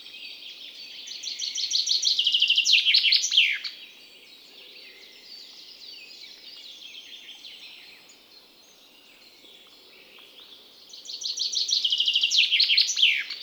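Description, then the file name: Common chaffinch singing two full songs, each a tumbling descending trill ending in an emphatic flourish, over a faint wash of other birds. "Fringilla coelebs"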